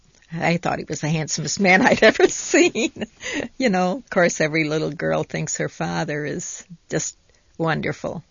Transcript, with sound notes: I thought he was the handsomest man I'd ever seen. ( she laughs ) Of course, every little girl thinks her father is just wonderful.